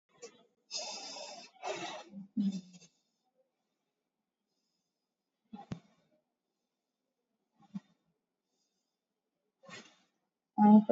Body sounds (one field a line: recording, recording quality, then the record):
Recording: deep breathing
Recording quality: moderate, slight background noise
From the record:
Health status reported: COVID-19 positive, mild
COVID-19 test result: positive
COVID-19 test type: RT-PCR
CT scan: taken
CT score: 8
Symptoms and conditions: cough, sore throat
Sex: female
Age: 30 years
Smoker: no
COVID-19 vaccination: both doses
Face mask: worn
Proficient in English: yes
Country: India